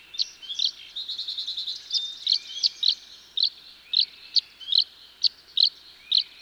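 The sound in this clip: Tree swallow calls: a few chirps, a quick trill of rapid notes, then spaced bright liquid chirps.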